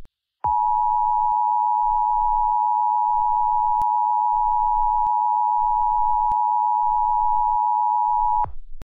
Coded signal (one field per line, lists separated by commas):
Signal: Emergency Alert System (SAME) tones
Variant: 853 and 960 Hz attention tone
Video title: EAS Scenario #5 2021